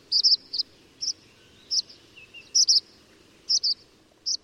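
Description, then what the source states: Tree Swallow calls: sharp, high chirps given singly or in quick pairs at irregular intervals, with a faint lower twitter in between. Tree swallows can be attracted to a yard in spring with a nest box; early arrival gives them an advantage for limited nesting sites.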